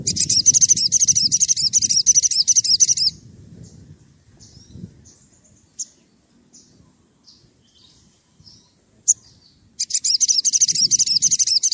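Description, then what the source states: Oriental magpie-robin song: rapid, high-pitched chattering trill in two bursts, one at the start and one at the end, with a low rumble underneath. Gacor (actively singing) bird; recording used as a lure to provoke other magpie-robins into answering.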